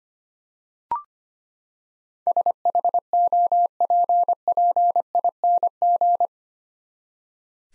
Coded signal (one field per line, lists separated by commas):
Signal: Morse code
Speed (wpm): 25 wpm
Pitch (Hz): 700 Hz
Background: none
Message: SHOPPING